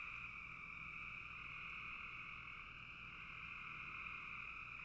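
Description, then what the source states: Frogs calling in a dense, steady chorus, a continuous two-toned trilling hum with no breaks and little other sound. Frogs in a bog.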